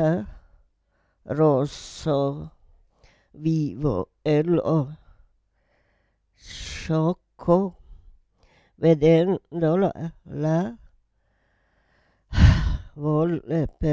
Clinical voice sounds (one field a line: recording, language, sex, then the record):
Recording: read passage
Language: Italian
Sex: female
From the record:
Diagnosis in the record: Parkinson's disease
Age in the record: 78 years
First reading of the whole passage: 164 s, 3.2 characters per second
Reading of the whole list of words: 108 s, 2.6 characters per second